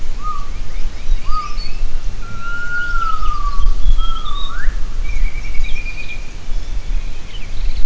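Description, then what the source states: Gibbon calls: clear whistled notes sliding up and down, with a steady low rumble underneath. Gibbon vocalizations.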